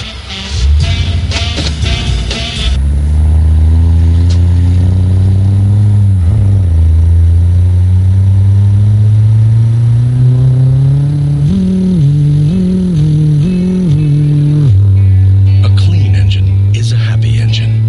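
A car engine revs loudly after a short noisy burst, its droning note climbing steadily in pitch, then bobbing through several quick revs before settling into a steady hum.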